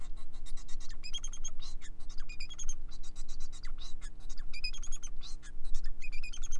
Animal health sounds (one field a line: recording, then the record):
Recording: song of a male Bengalese finch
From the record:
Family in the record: son of father 4